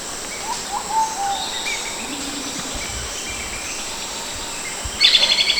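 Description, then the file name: Bird calls: scattered faint whistles, then a sudden loud, fast-pulsed high trill at the end, over steady background noise. "SABIOD 50 bird 2015"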